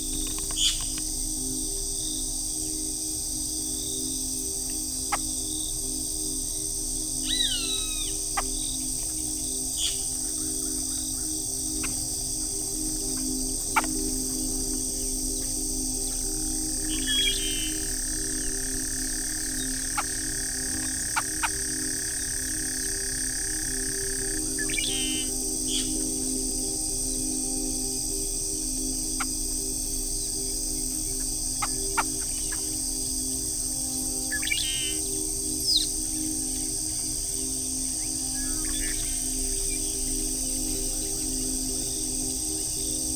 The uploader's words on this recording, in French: Muni d'une parabole et de micros omnidirectionnels, Irvic D'Olivier a passé de longues heures dans les parcs nationaux à attendre l'oiseau rare.